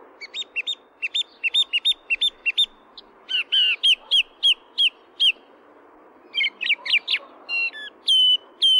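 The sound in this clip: Song thrush song, sharp whistled notes repeated in quick series, phrases changing between clear whistles, then higher thin notes at the end.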